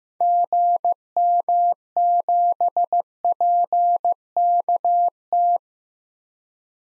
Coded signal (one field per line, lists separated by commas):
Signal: Morse code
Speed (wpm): 15 wpm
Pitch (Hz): 700 Hz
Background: none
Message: GM7PKT